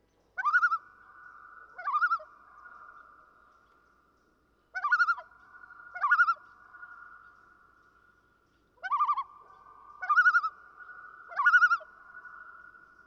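Common loon repeating rapid tremulous laughing notes in three bouts of two or three bursts, each burst leaving a sustained ringing tone behind it.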